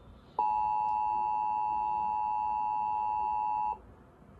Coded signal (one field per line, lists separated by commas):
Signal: Emergency Alert System (SAME) tones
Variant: 853 and 960 Hz attention tone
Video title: Required Weekly Test On WDLV-FM (KLOVE) - 2/19/24 (EAS #1413)